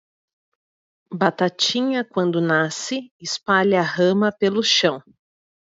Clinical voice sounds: short text; Brazilian Portuguese; female; 30 to 39 years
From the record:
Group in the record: control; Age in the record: 38 years

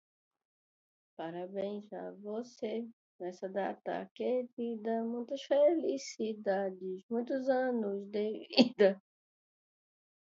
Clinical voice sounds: short text; Brazilian Portuguese; female; 40 to 49 years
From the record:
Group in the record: control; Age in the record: 45 years

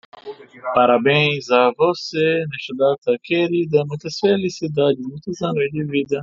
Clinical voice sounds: short text; Brazilian Portuguese; male; 40 to 49 years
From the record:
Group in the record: control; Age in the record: 41 years

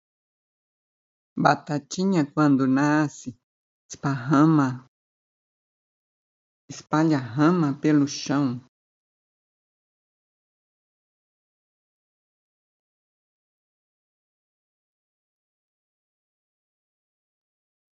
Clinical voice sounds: short text; Brazilian Portuguese; female; 60 to 69 years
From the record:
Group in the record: control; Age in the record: 62 years

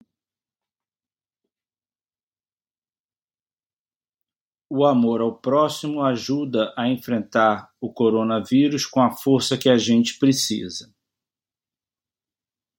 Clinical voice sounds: spoken sentence; Brazilian Portuguese; male; 60 to 69 years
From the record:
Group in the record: control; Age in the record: 60 years

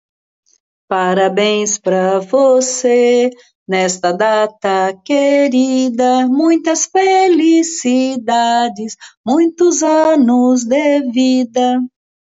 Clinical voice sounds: short text; Brazilian Portuguese; female; 50 to 59 years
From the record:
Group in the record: control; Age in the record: 58 years

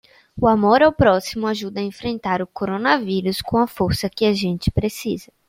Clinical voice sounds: spoken sentence; Brazilian Portuguese; female; 20 to 29 years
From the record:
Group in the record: control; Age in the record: 22 years

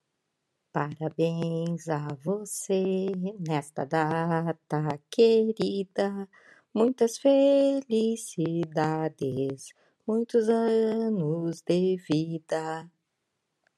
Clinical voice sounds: short text; Brazilian Portuguese; female; 50 to 59 years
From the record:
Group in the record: control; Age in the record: 56 years

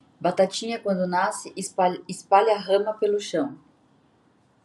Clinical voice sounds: short text; Brazilian Portuguese; female; 20 to 29 years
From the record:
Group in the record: control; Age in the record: 21 years

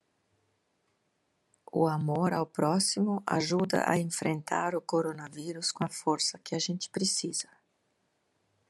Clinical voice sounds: spoken sentence; Brazilian Portuguese; female; 50 to 59 years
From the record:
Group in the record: control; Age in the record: 56 years

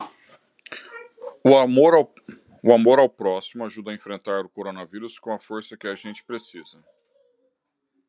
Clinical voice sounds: spoken sentence; Brazilian Portuguese; male; 30 to 39 years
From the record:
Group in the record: control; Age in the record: 39 years

